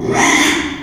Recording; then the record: squeal of a Yucatan mini pig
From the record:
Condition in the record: after surgery on the right vocal fold (resection and tissue-engineered implant); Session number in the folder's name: 3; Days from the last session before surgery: 33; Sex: male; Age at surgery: 12 weeks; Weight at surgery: 13 kg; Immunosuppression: cyclosporine, prednisolone